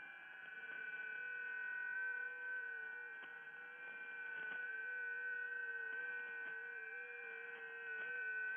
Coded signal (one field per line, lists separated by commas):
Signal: FT8